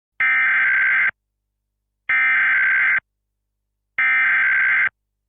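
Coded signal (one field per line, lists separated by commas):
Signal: Emergency Alert System (SAME) tones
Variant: header bursts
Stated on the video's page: Fictional scenario.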